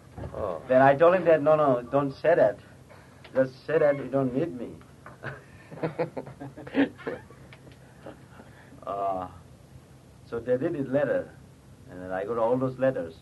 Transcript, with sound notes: So I told them that "No, no, don't say that. Just say that you don't need me." [laughter] So they did it, letter, and I got all those letters.